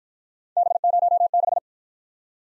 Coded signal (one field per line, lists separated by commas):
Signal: Morse code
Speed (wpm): 55 wpm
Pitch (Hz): 700 Hz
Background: none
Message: B06